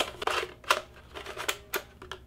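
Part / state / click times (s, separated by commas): 2.5-inch drive into external enclosure bay / not seated / none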